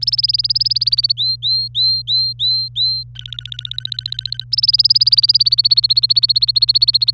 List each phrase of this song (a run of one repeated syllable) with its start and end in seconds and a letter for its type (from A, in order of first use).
0.02-1.12 A, 1.17-3.03 B, 3.15-4.44 C, 4.52-7.13 A